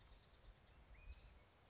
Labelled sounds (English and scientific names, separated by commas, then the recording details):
California Towhee (Melozone crissalis)
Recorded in Sonoma County, California